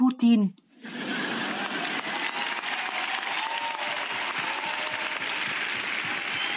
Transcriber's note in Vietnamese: vỗ tay